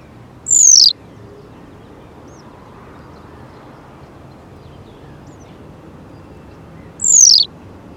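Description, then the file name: Western yellow wagtail calls: two thin, high, downward-slurred 'tsweep' notes several seconds apart, over a faint low background hiss. "Bergeronnette-printanière- -Motacilla-flava"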